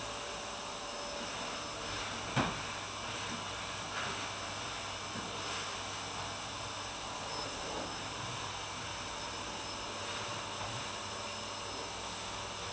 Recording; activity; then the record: daily activity, microphone in the room; vacuum cleaning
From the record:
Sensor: 2